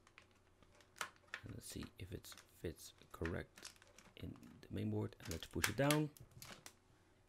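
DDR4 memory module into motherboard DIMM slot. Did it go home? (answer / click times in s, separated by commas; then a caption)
yes / 6.4 s, 6.7 s. A Kingston HyperX DDR4 memory stick is pushed down into a DIMM slot on a Gigabyte Z370 motherboard while someone talks. Two sharp clicks at 6.4 s and 6.7 s come from both sides of the slot, showing the module is seated and secure.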